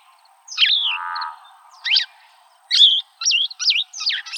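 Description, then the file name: Cassin's Vireo song of short burry, slurred phrases at high pitch, each followed by a pause, the phrases coming faster toward the end. "CAVI 3 B deviche"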